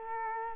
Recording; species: mosquito wingbeat signal from an infrared sensor; Culex quinquefasciatus